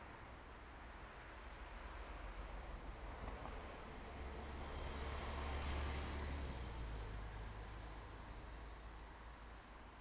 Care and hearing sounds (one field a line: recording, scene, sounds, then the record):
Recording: everyday scene through a hearing-aid microphone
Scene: in traffic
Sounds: traffic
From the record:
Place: main road on the outskirts, rush hour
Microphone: behind the ear, left, front